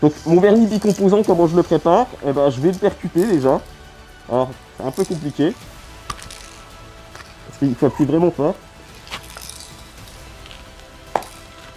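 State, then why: Seated. Someone talks while pressing very hard on the activation plunger at the base of a two-component varnish spray can to pierce its inner hardener capsule. Quieter knocks and rustles follow, then a sharp, loud click at 11.2 s as the capsule is pierced and the can is activated.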